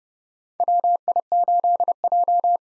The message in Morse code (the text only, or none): WI8J